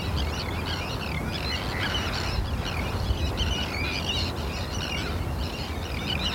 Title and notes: listen to the exotic cries of terns at RSPB Hodbarrow nature reserve in Cumbria